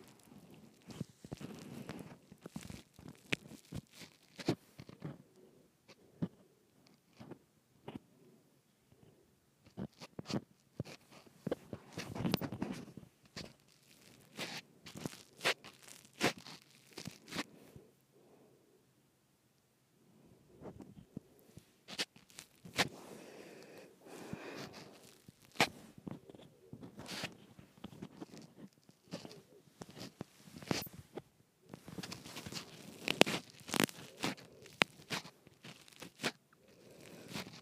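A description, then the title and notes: A microphone is twisted and handled, making dense bursts of scraping, creaking and crinkling clicks with many sharp transients. The handling comes in stretches, with quieter pauses around 8, 18 to 20 and 28 seconds, and grows busiest and brightest near the end. ASMR Twisting my Microphone.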